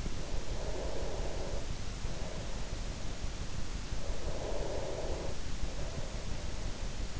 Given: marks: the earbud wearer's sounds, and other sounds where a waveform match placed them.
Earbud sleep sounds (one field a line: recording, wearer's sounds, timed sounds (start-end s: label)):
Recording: sounds in sleep by an in-ear microphone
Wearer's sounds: breath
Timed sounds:
0.27-3.68 s: breath
3.94-7.20 s: breath